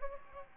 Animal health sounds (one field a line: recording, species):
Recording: mosquito wingbeat signal from an infrared sensor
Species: Aedes aegypti